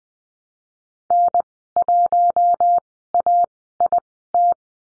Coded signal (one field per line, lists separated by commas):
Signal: Morse code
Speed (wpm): 20 wpm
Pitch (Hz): 700 Hz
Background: none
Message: N1AIT